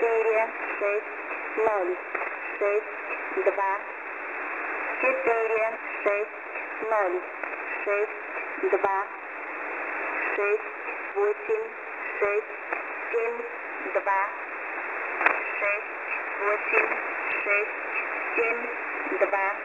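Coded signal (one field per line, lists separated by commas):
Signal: numbers station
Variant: S06s, Russian language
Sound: a voice reading Russian digits in groups, repeated, over shortwave static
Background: radio static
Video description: 5-Digits: 5 46062 68672 97478 39685 30485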